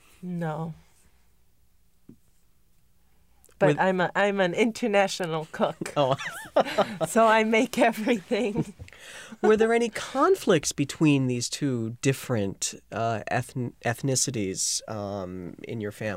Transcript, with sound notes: No. But I'm an international cook.
Oh. ( he laughs )
So I make everything.
Were there any conflicts between these two different ethnicities in your family?